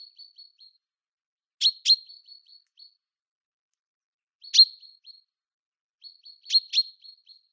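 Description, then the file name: Common chaffinch calls: sharp, high clicking notes, often in pairs, separated by soft, thin, high tonal notes repeated in short runs, over a quiet background. "Fringilla coelebs"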